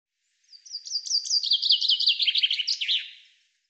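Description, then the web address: Bird song phrase of fast, high chirped notes that descend in pitch, with quiet before and after. "cianscape birddata Deverinetal 2025 Bird Fr Co"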